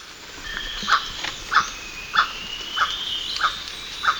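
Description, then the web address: Emerald toucanet giving short, croaking barks repeated about every 0.6 seconds over a noisy background. Recorded in Ecuador. "S America Birds of Ecuador. Emerald Toucanet"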